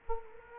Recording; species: mosquito wingbeat signal from an infrared sensor; Culex quinquefasciatus